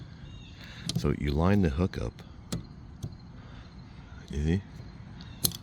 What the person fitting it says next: It snaps back into place.